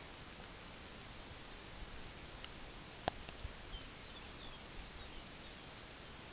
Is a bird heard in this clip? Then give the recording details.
yes. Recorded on Arctic tundra, site UTQI-8, on 15 June 2019. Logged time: 22:00